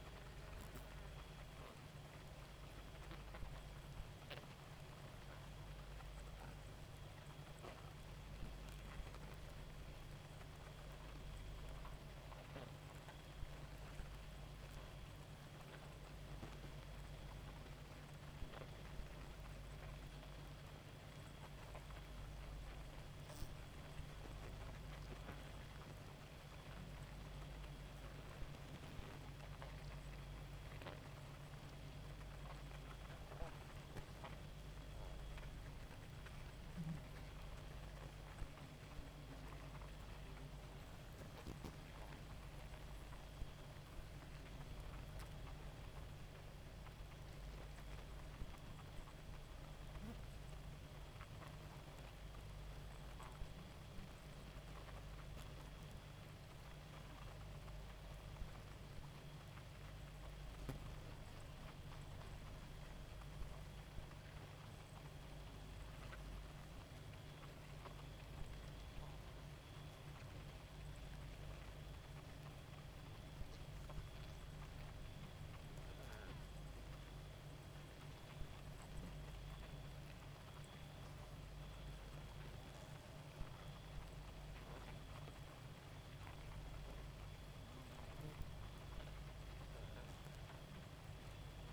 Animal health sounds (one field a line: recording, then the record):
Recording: honeybee colony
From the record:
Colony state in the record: active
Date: 28 July 2017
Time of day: 1:10